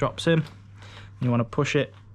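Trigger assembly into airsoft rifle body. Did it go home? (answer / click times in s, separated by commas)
no / none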